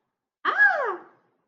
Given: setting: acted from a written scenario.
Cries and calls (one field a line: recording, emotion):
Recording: vocal sound without words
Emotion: amusement